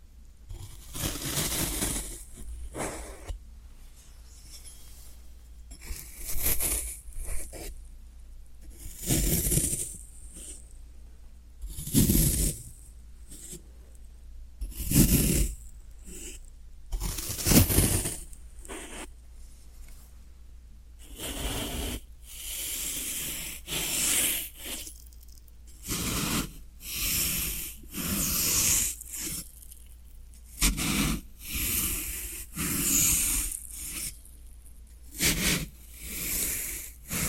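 Floral foam being handled, with repeated scraping, crumbling and tearing sounds that come in short bursts every second or two. Each burst is bright and hissy, with quiet gaps between, and a low steady hum underneath throughout.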